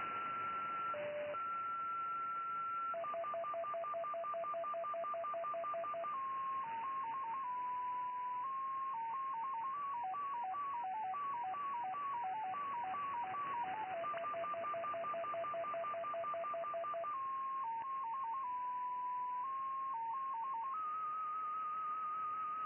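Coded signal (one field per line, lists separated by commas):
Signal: numbers station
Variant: XPA MFSK 10 baud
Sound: steady lead tones, then a rapid melodic warble of single tones hopping about ten per second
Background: radio static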